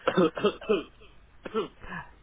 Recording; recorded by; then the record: voluntary cough; telephone call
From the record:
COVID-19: negative